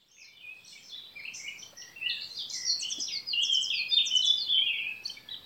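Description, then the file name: Eurasian blackcap song: a continuous, hurried warble of varied high chirps and trills, growing louder and richer in the second half, with steady background hiss. "Sylvia atricapilla"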